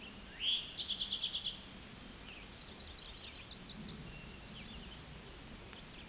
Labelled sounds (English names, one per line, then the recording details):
Eastern Towhee song
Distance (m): 30 m
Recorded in a Pennsylvania forest on 17 May 2023 at 13:57
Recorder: AudioMoth, point grid1_31_low
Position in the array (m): 130 m, 120 m